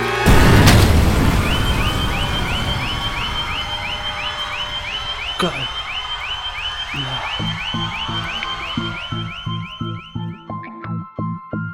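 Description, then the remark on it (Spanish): A loud, deep explosion of a bomb planted in a flat bursts at the start and rumbles away, followed by a rapid, repeating electronic alarm chirp and then a series of pulsing low tones, with no voices. “Tengo que llegar a tiempo, antes de que entre en el piso y el aparato haga explosión.”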